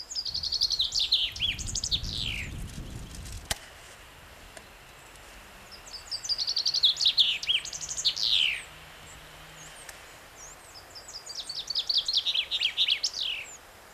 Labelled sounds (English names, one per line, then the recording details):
Common Chaffinch song
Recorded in the wild
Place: Oberstdorf, Bayern, DE
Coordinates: 47.4147, 10.2353
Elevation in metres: 871
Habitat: mountains
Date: 1985-04-02
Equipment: Uher 4000 Report, Sennheiser MKH 815 T
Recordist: Tretzel, Erwin